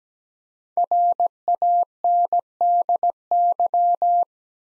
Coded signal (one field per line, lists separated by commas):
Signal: Morse code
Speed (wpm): 17 wpm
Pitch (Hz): 700 Hz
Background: none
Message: RANDY